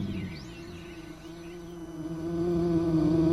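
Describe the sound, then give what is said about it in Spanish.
A horsefly buzzes steadily with a droning, mid-low hum that wavers slightly in pitch and swells louder toward the end, with faint high chirps briefly in the background early on. “Entonces Elal se transformó en tábano y le revoloteó hasta que la ballena, cansada del zumbido, se lo tragó”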